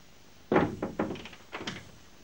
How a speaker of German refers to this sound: Komm rein und mach die Tür hinter dir zu.